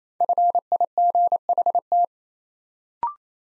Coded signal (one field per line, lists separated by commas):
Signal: Morse code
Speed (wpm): 27 wpm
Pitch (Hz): 700 Hz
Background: none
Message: FIGHT